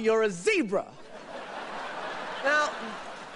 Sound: laughter

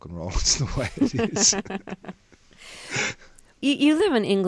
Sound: soundbite of laughter

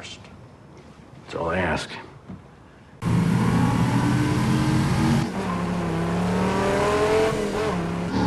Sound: soundbite of racing car

